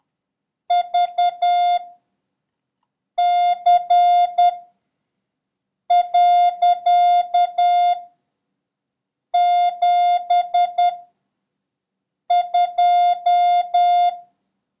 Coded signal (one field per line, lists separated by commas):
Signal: Morse code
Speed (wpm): 10 wpm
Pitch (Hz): 710 Hz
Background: none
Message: V C . 7 2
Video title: International Morse Code: Lesson 10